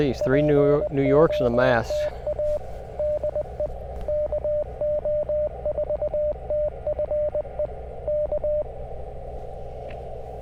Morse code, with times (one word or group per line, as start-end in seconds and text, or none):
0.2-2.6 POTA
3.0-3.7 DE
4.1-7.7 KO4TFE
8.1-8.6 K